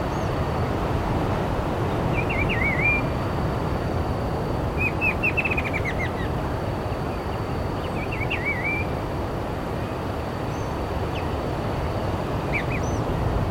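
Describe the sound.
Bird calls: thin wavy whistled notes and a short rapid trill, repeated every few seconds over a constant loud low rumble.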